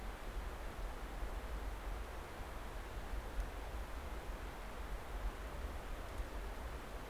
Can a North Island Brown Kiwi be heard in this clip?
no